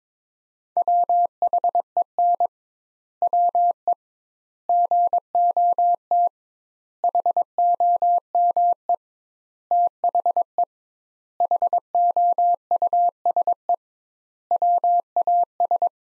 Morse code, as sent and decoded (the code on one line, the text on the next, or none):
.-- .... . -. / .-- . / --. --- - / .... --- -- . / - .... . / .... --- ..- ... . / .-- .- ...
WHEN WE GOT HOME THE HOUSE WAS